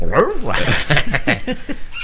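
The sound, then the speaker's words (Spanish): A person mimics a dog, starting with a whiny, wavering yelp and then a quick run of short, sharp barks at a fairly loud level. “Sácate el perro.”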